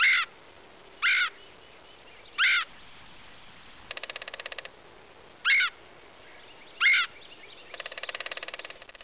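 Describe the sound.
Red-headed woodpecker giving harsh, burry calls, five spaced notes over nine seconds, with two bursts of rapid, even rattling pulses between them.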